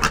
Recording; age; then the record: pig call; piglet (1 to 25 days)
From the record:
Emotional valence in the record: positive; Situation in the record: reunion after long isolation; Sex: female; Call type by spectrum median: low-frequency call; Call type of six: low-frequency tonal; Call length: 0.11 s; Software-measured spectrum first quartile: 836 Hz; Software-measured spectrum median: 1537 Hz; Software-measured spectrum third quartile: 3158 Hz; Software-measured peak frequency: 1349 Hz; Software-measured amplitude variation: 124 dB a second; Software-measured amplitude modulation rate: 4.6 a second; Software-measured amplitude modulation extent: 27.2 dB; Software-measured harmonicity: 0.7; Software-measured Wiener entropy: -1.35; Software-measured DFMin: 862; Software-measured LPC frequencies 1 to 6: 1278, 2713, 5038, 5571, 6239, 7246 Hz